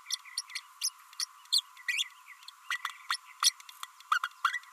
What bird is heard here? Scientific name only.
Forpus passerinus